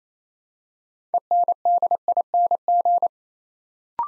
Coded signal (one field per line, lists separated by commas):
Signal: Morse code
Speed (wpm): 27 wpm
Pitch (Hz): 700 Hz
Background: none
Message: ENDING